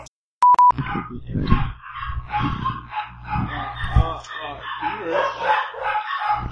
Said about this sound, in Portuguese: É que a cachorrada, ela é barulhenta.